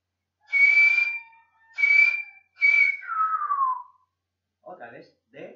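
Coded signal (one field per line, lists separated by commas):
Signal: whistled language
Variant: Silbo Gomero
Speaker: esta letra no me sale bien vamos así por ejemplo de nuevo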